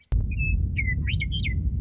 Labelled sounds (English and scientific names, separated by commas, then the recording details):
Western Meadowlark (Sturnella neglecta)
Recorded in Sonoma County, California